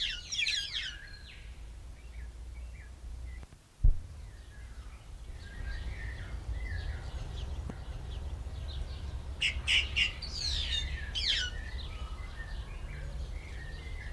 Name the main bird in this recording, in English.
White-headed Buffalo-Weaver